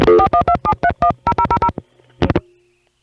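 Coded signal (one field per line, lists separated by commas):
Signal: DTMF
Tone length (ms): 80 ms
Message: 4127310000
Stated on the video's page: Recordings of the old long-distance telephone network in northern urban cities, 1974-1978.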